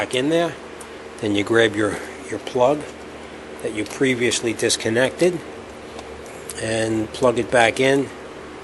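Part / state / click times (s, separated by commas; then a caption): wiring connector into headlight bulb socket / not seated / none. Someone talks while reaching in to reconnect the previously disconnected plastic wiring plug to the headlight bulb socket of a 2010 Chevy Tahoe headlight assembly, with a short sharp sound at 6.5 s. The clip ends before the connector goes home, so nothing has clicked or seated yet.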